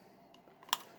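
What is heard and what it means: A plastic shell clip on the housing of a toy foam blaster is unclipped to open the shell. A few faint ticks come first, then one sharp, bright click at 0.7 s as a clip lets go, and the clip is released. Another clip re-engaged on its own, so which clip made the click is uncertain.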